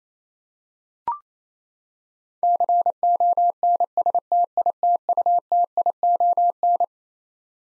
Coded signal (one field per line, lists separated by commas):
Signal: Morse code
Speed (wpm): 27 wpm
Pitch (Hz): 700 Hz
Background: none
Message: CONSTITUTION